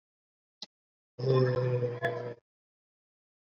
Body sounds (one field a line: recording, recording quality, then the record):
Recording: sustained vowel as in made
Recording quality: poor, much background noise or distortion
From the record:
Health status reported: COVID-19 positive, mild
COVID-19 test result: positive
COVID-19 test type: RT-PCR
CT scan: not taken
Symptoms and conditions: cough, breathing difficulty, fatigue, diabetes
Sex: male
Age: 55 years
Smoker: no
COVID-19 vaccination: both doses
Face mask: worn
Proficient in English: yes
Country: India